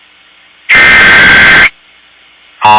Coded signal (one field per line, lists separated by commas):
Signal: Emergency Alert System (SAME) tones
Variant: header bursts